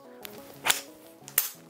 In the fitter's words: Locked into place.